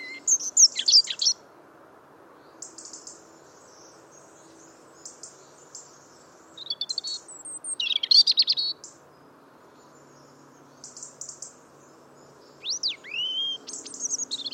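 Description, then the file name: European robin singing in short separate phrases of high, varied warbles, sharp sweeps and thin whistled notes with pauses between, over a steady low rumble. "Erithacus rubecula"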